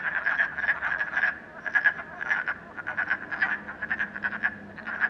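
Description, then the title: Frogs calling in a dense chorus, overlapping short pulsed croaks around a steady mid-pitched band, bursts coming in quick irregular clusters throughout. Frogs in a puddle at night in Canada, recorded during COVID-19. "Frogs, Night, Train, Canada"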